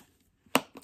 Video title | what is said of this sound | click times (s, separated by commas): Kurt Geiger bags part ✌🏽November 18, 2023 | but there you go you heard it click | 0.5 s